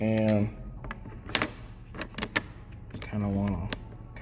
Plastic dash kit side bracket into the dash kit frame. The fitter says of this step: of snaps in place with the other dash kit